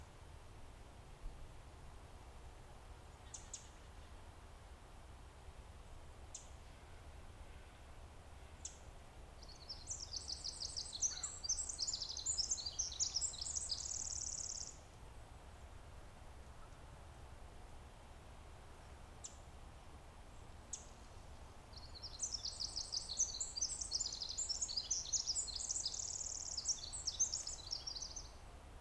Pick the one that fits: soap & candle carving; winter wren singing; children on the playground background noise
winter wren singing